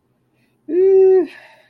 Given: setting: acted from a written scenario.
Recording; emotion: vocal sound without words; neutral